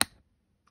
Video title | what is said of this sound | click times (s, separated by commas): How to replace alphanumeric keycaps on a MacBook Pro A1706, A1707 and A1708 (2016 - 2018) | and gently lift until you hear or feel it click | 0.0 s